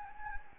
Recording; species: mosquito wingbeat signal from an infrared sensor; Anopheles gambiae